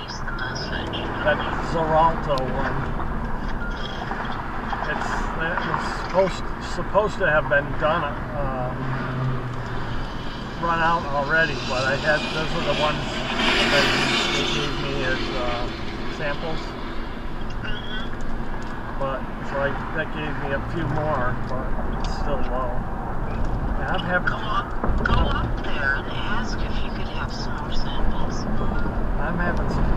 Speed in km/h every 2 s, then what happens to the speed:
35, 45, 45, 45, 47, 47, 48, 48, 48, 50, 53, 55, 58, 60, 61.
0-2 speeds up to 45. 2-19 steady at about 47. 19-30 speeds up to 61.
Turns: none.